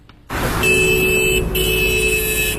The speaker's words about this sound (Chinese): 下午3点多，一辆尾号为 R08 的黑色现代轿车一边鸣笛一边通过了海淀区海淀医院旁的黄庄路口，车辆的车牌信息立刻被显示在了路口旁的 LED 显示屏上。